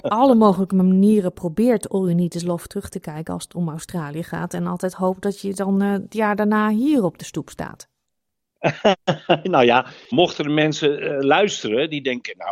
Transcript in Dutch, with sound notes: op alle mogelijke manieren probeert All You Need Is Love terug te kijken als het om Australië gaat en altijd hoopt dat je dan het jaar daarna hier op de stoep staat.
[lacht] Nou ja, mochten er mensen luisteren die denken: